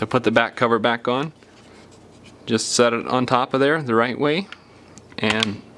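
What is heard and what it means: Someone talks while a plastic back cover is set on top of a Nokia Lumia 635 smartphone body, ready to be pushed down so it snaps in all the way around. Faint handling rustle sits between the speech. The clip ends before the cover goes home, so nothing has seated or clicked yet.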